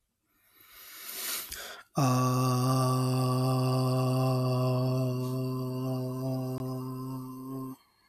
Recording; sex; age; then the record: vowel held as long as possible; male; 30 to 39 years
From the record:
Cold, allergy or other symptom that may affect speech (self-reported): no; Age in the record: 33 years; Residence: North Carolina, United States